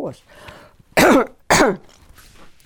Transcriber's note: cough